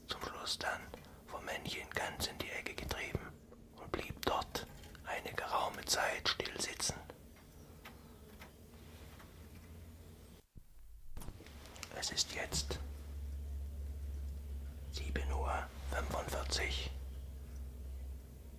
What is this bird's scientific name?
Phylloscopus collybita